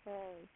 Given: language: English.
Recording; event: throat vibration sensor signal played as sound; speech